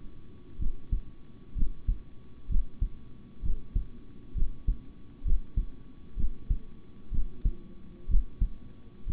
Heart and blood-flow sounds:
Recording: heart sounds by stethoscope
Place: between the tricuspid and mitral areas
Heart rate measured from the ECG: 64 bpm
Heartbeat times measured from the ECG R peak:
0.58 s: heartbeat
1.55 s: heartbeat
2.48 s: heartbeat
3.42 s: heartbeat
4.34 s: heartbeat
5.24 s: heartbeat
6.16 s: heartbeat
7.11 s: heartbeat
8.08 s: heartbeat
9.06 s: heartbeat
From the record:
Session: rest, sitting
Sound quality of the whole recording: good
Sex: male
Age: 26 years

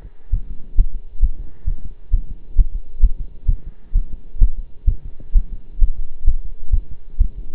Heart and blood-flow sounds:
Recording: heart sounds by stethoscope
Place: between the tricuspid and mitral areas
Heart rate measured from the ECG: 131 bpm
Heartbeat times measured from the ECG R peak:
0.33 s: heartbeat
0.78 s: heartbeat
1.22 s: heartbeat
1.67 s: heartbeat
2.13 s: heartbeat
2.58 s: heartbeat
3.03 s: heartbeat
3.48 s: heartbeat
3.95 s: heartbeat
4.41 s: heartbeat
4.87 s: heartbeat
5.35 s: heartbeat
5.81 s: heartbeat
6.27 s: heartbeat
6.73 s: heartbeat
7.20 s: heartbeat
From the record:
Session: pedaling a stationary bicycle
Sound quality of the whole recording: partially saturated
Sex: male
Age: 23 years

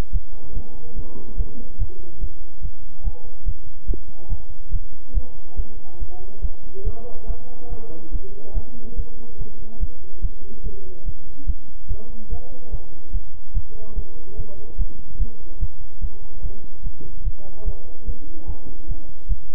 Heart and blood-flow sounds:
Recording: heart sounds by stethoscope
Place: between the tricuspid and mitral areas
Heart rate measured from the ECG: 144 bpm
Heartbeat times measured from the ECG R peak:
0.11 s: heartbeat
0.53 s: heartbeat
0.94 s: heartbeat
1.36 s: heartbeat
1.78 s: heartbeat
2.19 s: heartbeat
2.61 s: heartbeat
3.03 s: heartbeat
3.44 s: heartbeat
3.86 s: heartbeat
4.28 s: heartbeat
4.70 s: heartbeat
5.13 s: heartbeat
5.55 s: heartbeat
5.98 s: heartbeat
6.41 s: heartbeat
6.83 s: heartbeat
7.26 s: heartbeat
7.68 s: heartbeat
8.11 s: heartbeat
8.53 s: heartbeat
8.95 s: heartbeat
9.37 s: heartbeat
9.79 s: heartbeat
10.20 s: heartbeat
10.62 s: heartbeat
11.04 s: heartbeat
11.46 s: heartbeat
11.87 s: heartbeat
12.29 s: heartbeat
12.70 s: heartbeat
13.12 s: heartbeat
13.53 s: heartbeat
13.94 s: heartbeat
14.35 s: heartbeat
14.77 s: heartbeat
15.18 s: heartbeat
15.59 s: heartbeat
16.00 s: heartbeat
16.41 s: heartbeat
16.82 s: heartbeat
17.23 s: heartbeat
17.64 s: heartbeat
18.05 s: heartbeat
18.46 s: heartbeat
18.87 s: heartbeat
19.27 s: heartbeat
From the record:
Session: bicycle stress test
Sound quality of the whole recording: good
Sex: male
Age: 26 years

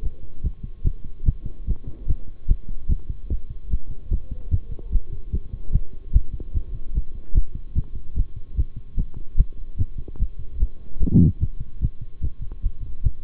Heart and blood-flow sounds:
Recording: heart sounds by stethoscope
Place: between the tricuspid and mitral areas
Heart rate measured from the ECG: 148 bpm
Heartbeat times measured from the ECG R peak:
0.03 s: heartbeat
0.44 s: heartbeat
0.84 s: heartbeat
1.26 s: heartbeat
1.67 s: heartbeat
2.08 s: heartbeat
2.48 s: heartbeat
2.89 s: heartbeat
3.30 s: heartbeat
3.71 s: heartbeat
4.11 s: heartbeat
4.51 s: heartbeat
4.92 s: heartbeat
5.32 s: heartbeat
5.73 s: heartbeat
6.13 s: heartbeat
6.54 s: heartbeat
6.95 s: heartbeat
7.35 s: heartbeat
7.75 s: heartbeat
8.16 s: heartbeat
8.57 s: heartbeat
8.97 s: heartbeat
9.37 s: heartbeat
9.78 s: heartbeat
10.19 s: heartbeat
10.60 s: heartbeat
11.00 s: heartbeat
11.41 s: heartbeat
11.81 s: heartbeat
12.22 s: heartbeat
12.63 s: heartbeat
13.03 s: heartbeat
From the record:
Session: bicycle stress test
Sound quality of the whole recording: good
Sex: male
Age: 23 years

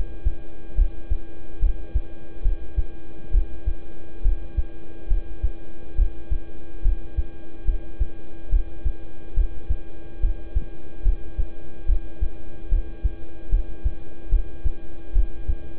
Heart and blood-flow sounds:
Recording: heart sounds by stethoscope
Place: between the tricuspid and mitral areas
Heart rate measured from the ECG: 71 bpm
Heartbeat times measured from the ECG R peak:
0.75 s: heartbeat
1.59 s: heartbeat
2.42 s: heartbeat
3.31 s: heartbeat
4.22 s: heartbeat
5.08 s: heartbeat
5.95 s: heartbeat
6.82 s: heartbeat
7.65 s: heartbeat
8.49 s: heartbeat
9.34 s: heartbeat
10.20 s: heartbeat
11.02 s: heartbeat
11.86 s: heartbeat
12.69 s: heartbeat
13.49 s: heartbeat
14.29 s: heartbeat
15.13 s: heartbeat
From the record:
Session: rest, lying down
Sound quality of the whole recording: good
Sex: male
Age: 26 years

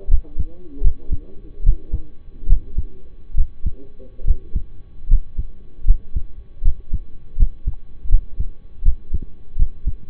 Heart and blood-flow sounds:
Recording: heart sounds by stethoscope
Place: between the tricuspid and mitral areas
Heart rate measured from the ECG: 76 bpm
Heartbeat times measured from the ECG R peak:
0.09 s: heartbeat
0.82 s: heartbeat
1.63 s: heartbeat
2.47 s: heartbeat
3.35 s: heartbeat
4.25 s: heartbeat
5.08 s: heartbeat
5.85 s: heartbeat
6.62 s: heartbeat
7.36 s: heartbeat
8.09 s: heartbeat
8.83 s: heartbeat
9.56 s: heartbeat
From the record:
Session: rest, lying down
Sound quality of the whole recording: partially saturated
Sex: male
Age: 25 years

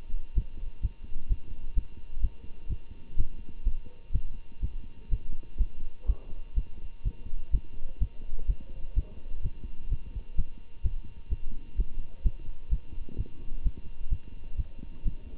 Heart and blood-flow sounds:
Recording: heart sounds by stethoscope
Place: between the tricuspid and mitral areas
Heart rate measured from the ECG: 127 bpm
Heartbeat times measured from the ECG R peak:
0.34 s: heartbeat
0.81 s: heartbeat
1.28 s: heartbeat
1.74 s: heartbeat
2.21 s: heartbeat
2.68 s: heartbeat
3.16 s: heartbeat
3.63 s: heartbeat
4.12 s: heartbeat
4.60 s: heartbeat
5.09 s: heartbeat
5.57 s: heartbeat
6.06 s: heartbeat
6.54 s: heartbeat
7.03 s: heartbeat
7.51 s: heartbeat
7.98 s: heartbeat
8.46 s: heartbeat
8.94 s: heartbeat
9.42 s: heartbeat
9.89 s: heartbeat
10.35 s: heartbeat
10.82 s: heartbeat
11.29 s: heartbeat
11.76 s: heartbeat
12.22 s: heartbeat
12.69 s: heartbeat
13.16 s: heartbeat
13.63 s: heartbeat
14.09 s: heartbeat
14.56 s: heartbeat
15.03 s: heartbeat
From the record:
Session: Bruce protocol treadmill stress test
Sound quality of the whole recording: good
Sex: male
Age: 25 years

